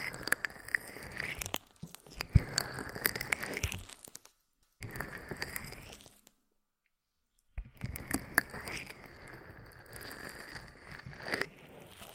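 Aloe rubbed against the ear makes wet, squishy crackles and soft tearing sounds, with sharp clicks and pops scattered throughout. The rubbing comes in three stretches, broken by full silences around four to five seconds and six to seven and a half seconds.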